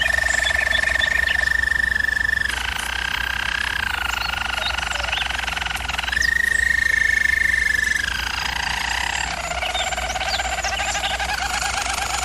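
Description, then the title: Canary song of sustained rolling tours, each held a few seconds before dropping or rising to a new pitch. Canary singing, for canary training. "German Roller Canary Singing - Canary Training Vid"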